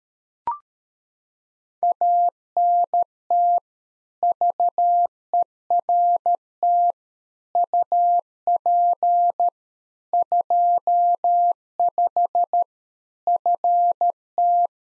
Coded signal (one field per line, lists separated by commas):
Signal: Morse code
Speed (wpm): 13 wpm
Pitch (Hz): 700 Hz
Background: none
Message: ANT VERT UP 25 FT